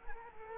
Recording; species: mosquito wingbeat signal from an infrared sensor; Culex quinquefasciatus